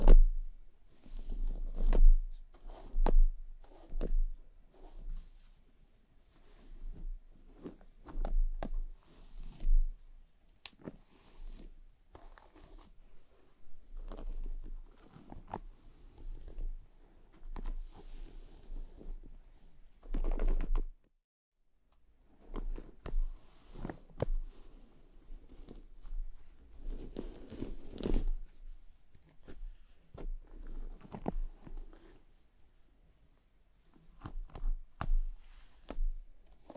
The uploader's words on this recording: ASMR Let me massage your scalp and brush your hair (1 HOUR No Talking).